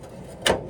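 After several failed tries, a hand reaches higher inside the grille of an old Pinto and pulls the metal hood release latch in the car's front end. At 0.5 seconds it gives way with a single sharp, loud hit over a low, steady background, and the hood latch pops open, released.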